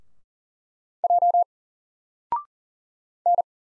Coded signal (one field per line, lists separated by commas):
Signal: Morse code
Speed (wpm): 39 wpm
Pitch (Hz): 700 Hz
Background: none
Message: J N